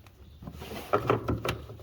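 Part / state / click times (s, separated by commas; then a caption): wiring harness plug onto LED headlight bulb base / not seated / none. A wiring harness plug is handled at the base of a Hawkglow series T6F 9005 LED headlight bulb on a 2015 Toyota RAV4. Faint rustling leads into a series of sharp plastic-like taps around 0.9, 1.1, 1.3 and 1.5 seconds. The plug has not yet clicked into place.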